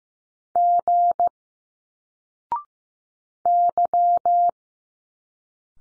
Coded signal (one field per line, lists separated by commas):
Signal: Morse code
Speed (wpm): 15 wpm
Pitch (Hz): 700 Hz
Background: none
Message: G Y